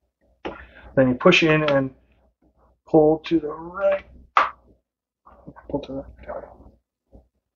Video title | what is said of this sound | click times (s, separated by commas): 3d-Printing Dads, Newbie Bambu Lab P1S Unboxing & Setup | I heard a snap, so hopefully that's a good thing, not a bad thing. | 4.4 s